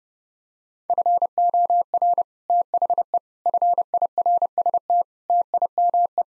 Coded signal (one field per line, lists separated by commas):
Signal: Morse code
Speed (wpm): 30 wpm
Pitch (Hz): 700 Hz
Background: none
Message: FOR THE FIRST TIME